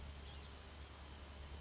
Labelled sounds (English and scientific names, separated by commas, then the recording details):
Blue-gray Gnatcatcher (Polioptila caerulea)
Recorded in Sonoma County, California